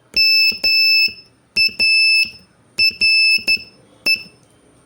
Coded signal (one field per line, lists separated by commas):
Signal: Morse code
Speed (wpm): 11 wpm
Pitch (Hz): 2650 Hz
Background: none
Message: MARE